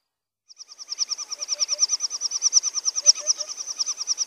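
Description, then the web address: Little bustard, a rapid run of high, thin whistled pulses, starting after a brief silence and continuing to the end. "Outarde. canepetiere"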